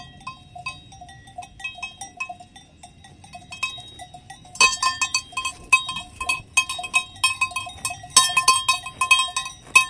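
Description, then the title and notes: Cows with bells feeding, sparse clanks at first, then a louder burst of rapid, bright bell strikes from about the midpoint onward. Cows feeding with clanking cow bells on a walk at Valle Pramper in the Dolomites. "The curious cows of Valle Pramper. On a walk in the Dolomites at Valle Pramper, we record cows feeding, with the clank of their cow bells. Recorded by Cities and Memory"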